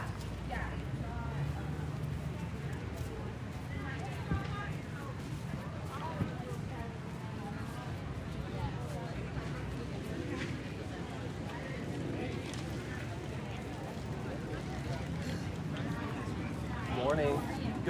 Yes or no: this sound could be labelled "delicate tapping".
no